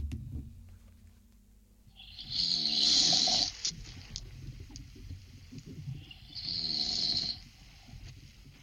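Two loud, harsh, rasping snores from an adult man asleep, about four seconds apart, roughly 15 a minute, with quiet breathing between. He snores a lot.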